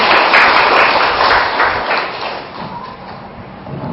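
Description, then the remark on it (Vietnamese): A group at a talk by teacher Thích Trí Huệ bursts into loud, dense applause for a small boy who gave the right answer. Many hands clap at once in a noisy rush that gradually thins and softens toward the end. “À, cho chàng pháo tay.”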